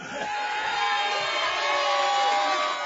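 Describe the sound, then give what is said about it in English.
A large crowd cheers and chants "wiener" loudly and steadily, a dense roar of many voices with a few higher shouts rising above it, sustained without pause throughout. “They're chanting wiener.”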